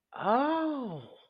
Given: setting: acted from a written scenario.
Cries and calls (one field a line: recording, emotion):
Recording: vocal sound without words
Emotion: realization